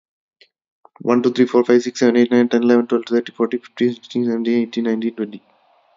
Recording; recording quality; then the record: counting at a fast pace; excellent, no background noise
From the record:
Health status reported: exposed to COVID-19, no respiratory illness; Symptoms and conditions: none ticked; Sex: male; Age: 26 years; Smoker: not ticked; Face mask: not worn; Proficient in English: yes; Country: India